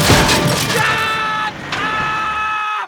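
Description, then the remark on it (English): A loud metallic crash and clatter of garbage cans opens into the strained, droning whine of a garbage truck's hydraulics, which cuts out briefly, then resumes steadily before stopping abruptly. “Herald the day with Kevin's Sunrise Concerto for Garbos and Truck.”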